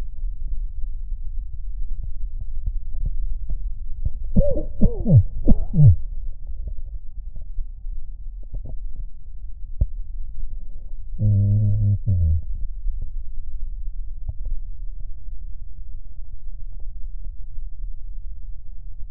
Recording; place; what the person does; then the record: lung sounds by stethoscope; right posterior basal chest; quiet breathing, then cough and speech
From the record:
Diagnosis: COPD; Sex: male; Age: 59 years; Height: 175 cm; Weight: 73 kg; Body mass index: 23.8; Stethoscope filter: extended mode